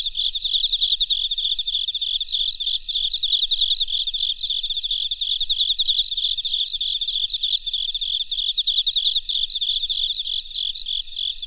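Crickets giving a steady high-pitched pulsed trill, chirps repeating several times each second without a break, light background hiss.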